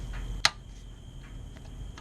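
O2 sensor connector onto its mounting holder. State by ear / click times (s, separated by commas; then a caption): seated / 0.4 s. On a 1998 Nissan Frontier, the Bank 1 Sensor 1 oxygen sensor's wiring connector, with its female groove, is slid over its bracket holder until it snaps into place. A single sharp click at 0.5 s marks it seating, followed by two faint ticks near 1.6 s and 2.0 s over a quiet background. The connector is seated, and a tug confirms it is in.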